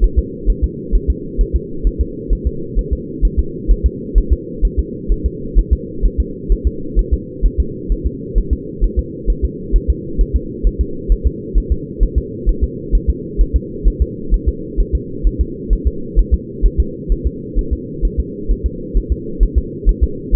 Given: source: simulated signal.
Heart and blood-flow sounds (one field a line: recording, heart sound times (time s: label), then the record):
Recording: fetal heart sounds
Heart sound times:
0.04 s: S1
0.19 s: S2
0.50 s: S1
0.64 s: S2
0.95 s: S1
1.10 s: S2
1.41 s: S1
1.56 s: S2
1.87 s: S1
2.01 s: S2
2.33 s: S1
2.47 s: S2
2.79 s: S1
2.93 s: S2
3.25 s: S1
3.39 s: S2
3.71 s: S1
3.86 s: S2
4.18 s: S1
4.33 s: S2
4.65 s: S1
4.79 s: S2
5.12 s: S1
5.26 s: S2
5.59 s: S1
5.73 s: S2
6.06 s: S1
6.20 s: S2
6.52 s: S1
6.67 s: S2
6.99 s: S1
7.14 s: S2
7.46 s: S1
7.60 s: S2
7.92 s: S1
8.06 s: S2
8.38 s: S1
8.53 s: S2
8.84 s: S1
8.99 s: S2
9.30 s: S1
9.44 s: S2
9.76 s: S1
9.90 s: S2
10.21 s: S1
10.36 s: S2
10.67 s: S1
10.81 s: S2
11.12 s: S1
11.27 s: S2
11.58 s: S1
11.72 s: S2
12.03 s: S1
12.18 s: S2
12.49 s: S1
12.64 s: S2
12.95 s: S1
13.10 s: S2
13.41 s: S1
13.56 s: S2
13.88 s: S1
14.02 s: S2
14.34 s: S1
14.48 s: S2
14.80 s: S1
14.95 s: S2
15.27 s: S1
15.41 s: S2
15.73 s: S1
15.87 s: S2
16.19 s: S1
16.34 s: S2
16.66 s: S1
16.80 s: S2
17.12 s: S1
17.27 s: S2
17.59 s: S1
17.73 s: S2
18.05 s: S1
18.20 s: S2
18.51 s: S1
18.66 s: S2
18.97 s: S1
19.12 s: S2
19.43 s: S1
19.58 s: S2
19.89 s: S1
20.03 s: S2
20.35 s: S1
From the record:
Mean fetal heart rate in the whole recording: 130 bpm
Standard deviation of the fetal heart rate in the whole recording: 2 bpm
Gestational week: 36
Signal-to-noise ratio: -4.3 dB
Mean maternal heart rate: 72 bpm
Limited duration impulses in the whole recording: absent